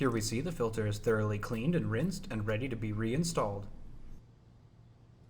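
A cleaned and rinsed plastic dishwasher filter, ready to be reinstalled into the dishwasher sump, is handled while someone talks for about four seconds before the sound drops to a quiet background. Nothing has seated or clicked into place yet.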